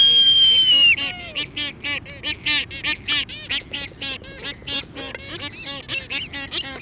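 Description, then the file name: Black-footed albatross opens with a loud, long whistle that drops at its end, then a rapid stream of short, harmonic, yelping calls. "Black footed Albatross Phoebastria nigripes"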